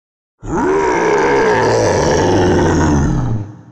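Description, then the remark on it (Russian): A single loud, deep roar swells in quickly and holds for about three seconds, rough and growling throughout, before tapering off at the end. No voices are heard. “«Теодрир!» — зарычал я, не то от злости, не то от отчаяния.”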